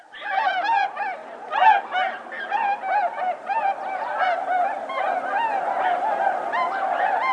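Bewick's swans calling as a flock: many overlapping yelping, honking notes.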